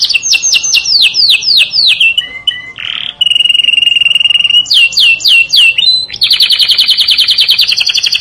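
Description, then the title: Canary song: rapid descending whistled notes, then short chips, a harsh burst, a long steady trill around one pitch, more falling notes and a dense buzzy rattle. "Kenari"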